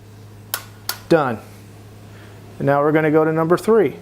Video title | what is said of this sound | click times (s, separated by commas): Sportster Clutch Adjustment | two guys let the torque wrench do the work just go and as soon as you hear the click done | 0.5 s